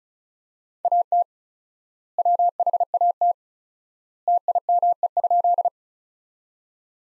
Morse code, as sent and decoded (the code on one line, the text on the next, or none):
.- - / .-- .... .- - / - .. -- . ..--..
AT WHAT TIME?